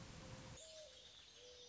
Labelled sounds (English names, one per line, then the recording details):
Mourning Dove
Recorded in Sonoma County, California